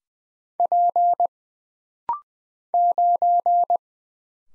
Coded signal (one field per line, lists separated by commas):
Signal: Morse code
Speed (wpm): 20 wpm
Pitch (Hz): 700 Hz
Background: none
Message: P 9